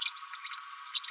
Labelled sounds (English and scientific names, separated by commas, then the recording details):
Green-rumped Parrotlet (Forpus passerinus) babbling
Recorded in a nest box in Venezuela
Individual 18B25A4